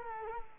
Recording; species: mosquito wingbeat signal from an infrared sensor; Culex quinquefasciatus